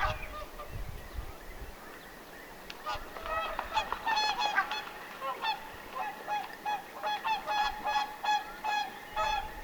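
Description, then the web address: Whooper swans calling, nasal honking notes that start sparse and then come in a quicker series of short trumpeting calls, over a low background hiss. Summer, 1 June 2025, apparently young whooper swans vocalising on a shore. "paivat 1 6 2025 laulujoutsenten aantelya kesalla ilmeisten nuorten rannalla"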